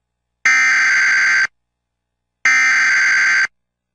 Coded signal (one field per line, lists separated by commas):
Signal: Emergency Alert System (SAME) tones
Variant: header bursts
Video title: Tier List de EAS